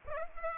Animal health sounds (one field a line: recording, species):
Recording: mosquito wingbeat signal from an infrared sensor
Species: Aedes aegypti